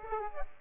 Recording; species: mosquito wingbeat signal from an infrared sensor; Aedes aegypti